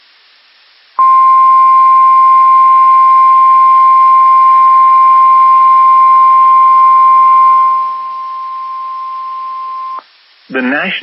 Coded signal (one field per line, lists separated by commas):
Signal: Emergency Alert System (SAME) tones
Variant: 1050 Hz attention tone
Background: speech